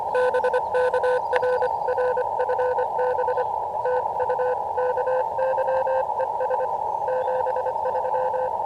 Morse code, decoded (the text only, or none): BK RR FB TU KY ES 73